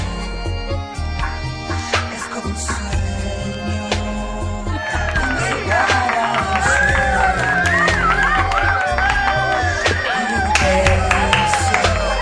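Steady applause fills the whole stretch, with high whistles and cheering voices rising over the clapping about halfway through and carrying on to the end.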